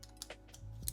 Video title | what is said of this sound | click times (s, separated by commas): SmallRig's iPhone Camera Cage is More Than Meets the Eye — Megatron Edition | you can see me just snapping everything into place. | 0.2 s, 0.9 s